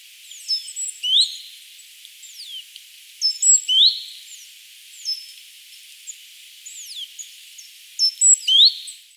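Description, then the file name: Great tit calls, short high rising whistled notes with thin sweeping chips, given in several clusters over faint hiss. "Parus major"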